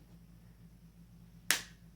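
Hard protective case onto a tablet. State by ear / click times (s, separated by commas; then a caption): seated / 1.5 s. A hard protective case is pressed onto a tablet at the side that was sticking out, and it snaps into place with one sharp click at 1.5 s over a low, steady hum. The case is seated and fits snugly.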